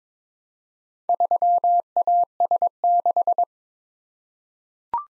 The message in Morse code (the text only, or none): 3AS6